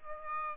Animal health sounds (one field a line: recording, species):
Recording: mosquito wingbeat signal from an infrared sensor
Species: Aedes albopictus